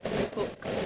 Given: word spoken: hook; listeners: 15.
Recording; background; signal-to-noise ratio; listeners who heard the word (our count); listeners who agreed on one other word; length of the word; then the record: one English word in noise, from a listening test; noise modulated by three-talker babble; -3.6 dB; 4 of 15; 9 of 15; 0.46 s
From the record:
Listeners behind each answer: 9, 4, 1, 1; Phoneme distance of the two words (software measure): 10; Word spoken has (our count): 1 syllable, 3 phonemes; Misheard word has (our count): 1 syllable, 3 phonemes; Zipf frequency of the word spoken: 4.21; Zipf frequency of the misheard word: 5.21